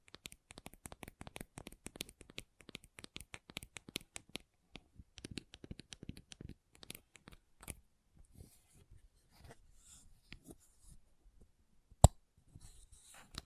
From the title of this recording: ASMR Gentle Tapping